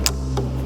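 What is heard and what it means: With the router lifted to the top of its router table lift, the spindle is turned slightly until the spring locking pin drops into its hole. A sharp metallic click at 0.1 s marks the pin seating, followed by a softer tick around 0.4 s over a steady low hum. The locking pin is engaged and the spindle is locked.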